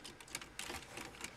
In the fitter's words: snaps right in